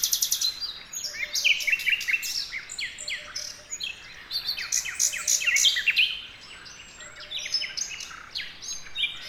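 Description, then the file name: Common nightingale pouring out dense song, with rapid sharp notes, chirps and short trills in quick succession. "Luscinia megarhynchos"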